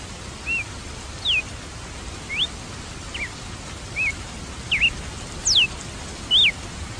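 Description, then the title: Red-cowled cardinal singing clear whistled notes, each short and slurred up or down, with short gaps between them in a varied sequence. "Galo de Campina"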